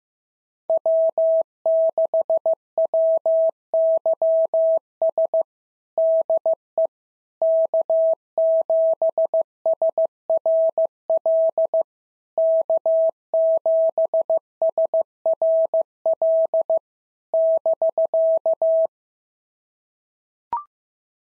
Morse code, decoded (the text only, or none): W6WYS DE K7SRL K7SRL <BK>